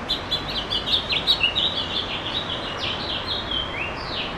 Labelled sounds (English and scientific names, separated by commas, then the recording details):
House Finch (Haemorhous mexicanus) song
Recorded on Long Island, New York, on 21 June 2011
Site IT
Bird C